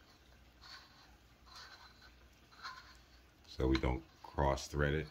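A barrel is turned counterclockwise against a Valken M17 paintball/airsoft marker body, feeling for the thread-start click so it does not cross-thread. Faint scraping bursts are heard around 0.7, 1.6 and 2.7 seconds, then someone talks from about 3.5 seconds. No thread-start click is heard, and nothing has clicked yet.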